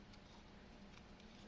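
Plastic halves of an RC car transmission case for a Traxxas Stampede are lined up and wiggled around the bearings by hand. Only faint handling ticks are heard, with small ticks near 1.0 s and 1.2 s. The halves have not snapped home yet.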